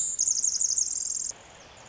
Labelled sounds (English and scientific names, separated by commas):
Pacific Wren (Troglodytes pacificus)